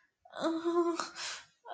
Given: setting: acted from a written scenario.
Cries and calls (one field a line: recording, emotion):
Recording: vocal sound without words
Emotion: pain